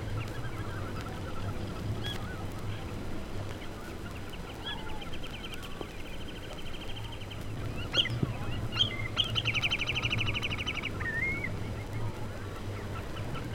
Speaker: Это поет кулик Фифи.